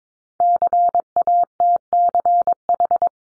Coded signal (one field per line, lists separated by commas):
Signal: Morse code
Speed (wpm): 22 wpm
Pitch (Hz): 700 Hz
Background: none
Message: CATCH